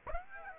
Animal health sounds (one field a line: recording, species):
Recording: mosquito wingbeat signal from an infrared sensor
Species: Aedes aegypti